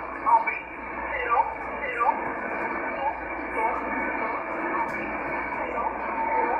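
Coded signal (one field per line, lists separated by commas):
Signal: numbers station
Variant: E11 Oblique, English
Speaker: so this comes from Poland this was a Polish E11 number station that you just heard there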